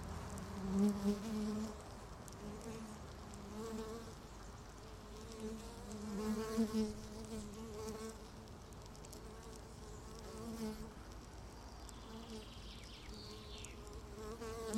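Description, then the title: Honey bee hive hum, a continuous buzzy drone with louder bees surging now and then over a low rumble. Bees inside a beehive, recorded in Laren, Gelderland, Netherlands, on July 17, 2015; not a binaural recording. "Beehive. Bijenkorf (Laren Gld., July 17th 2015)"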